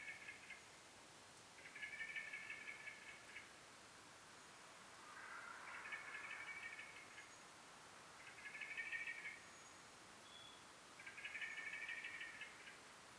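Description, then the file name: Common blackbird song phrases repeated every two to three seconds over a hissy background, one starting lower and blurrier. "Turdus merula"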